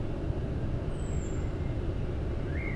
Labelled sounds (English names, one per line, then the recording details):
Common Blackbird
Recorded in Germany
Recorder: ecoPi